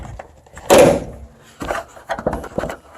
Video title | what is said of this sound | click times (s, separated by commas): 2000 Excursion 7.3 08-10 nose swap without a kit | Latch works pretty good. It didn't latch all the way, but so | 0.7 s